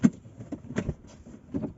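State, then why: Not seated. The two ISOFIX legs of a child car seat are lined up with the two ISOFIX anchor holes in the seat of a Qashqai J11 before being pushed home. Only light handling noise is heard, with soft knocks around 0.5, 0.8 and 0.9 seconds. Nothing has clicked or latched yet.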